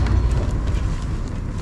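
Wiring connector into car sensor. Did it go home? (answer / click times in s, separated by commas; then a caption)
no / none. A plastic wiring connector is pushed onto a new car sensor by hand before the sensor is refitted, with steady low rumbling handling noise throughout and a small sharp transient at 0.07 s. Nothing has seated or clicked yet; the connector is not yet home.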